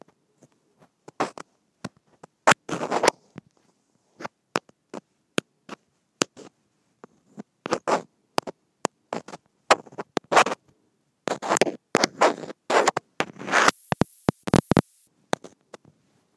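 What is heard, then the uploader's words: A microphone taps against plastic in sharp, dry clicks, scattered irregularly across the clip with silent gaps between them. Some stretches bunch the taps into short scraping bursts, around three, eight, twelve and fourteen seconds. The last burst is the brightest and hissiest. Microphone Tapping Against Plastic.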